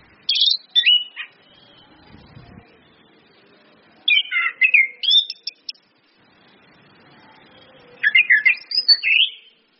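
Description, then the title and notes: Orange-headed thrush song: three bursts of rapid, varied whistles and twittering notes separated by short pauses. Indonesian bird-training lure with continuous song (ngeplong) and female calls (suitan betina), meant to make birds sing steadily (gacor). "PANCINGAN anis kembang ngeplong dan SUITAN BETINA. Masteran Anis Kembang"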